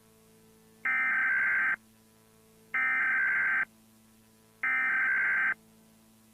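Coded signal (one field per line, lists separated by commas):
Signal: Emergency Alert System (SAME) tones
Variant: header bursts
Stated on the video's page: Fictional tsunami alert; simulated, not a real event.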